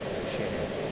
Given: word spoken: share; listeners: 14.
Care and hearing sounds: one English word in noise, from a listening test; speech-shaped noise; -5.5 dB; 0 of 14; 7 of 14; 0.52 s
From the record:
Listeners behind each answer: 7, 4, 1, 1, 1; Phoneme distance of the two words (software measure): 10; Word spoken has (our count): 1 syllable, 2 phonemes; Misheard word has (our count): 1 syllable, 2 phonemes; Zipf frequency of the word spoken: 4.92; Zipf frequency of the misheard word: 4.66

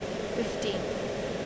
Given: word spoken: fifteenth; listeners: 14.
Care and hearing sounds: one English word in noise, from a listening test; speech-shaped noise; -4.7 dB; 0 of 14; 10 of 14; 1.06 s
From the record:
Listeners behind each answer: 10, 1, 1, 1, 1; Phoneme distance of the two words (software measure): 7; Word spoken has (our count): 2 syllables, 7 phonemes, stress on syllable 2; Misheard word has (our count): 2 syllables, 6 phonemes, stress on syllable 2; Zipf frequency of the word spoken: 1.95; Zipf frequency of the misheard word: 3.26

